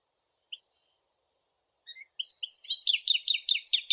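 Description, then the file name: Goldfinch gives a single faint note, then after a pause builds into a dense, fast, high twittering run that fills the final second and a half. "Golosa ptic - CSHegol Carduelis carduelis"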